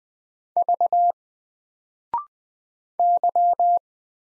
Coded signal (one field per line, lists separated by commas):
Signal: Morse code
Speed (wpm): 20 wpm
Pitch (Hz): 700 Hz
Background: none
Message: V Y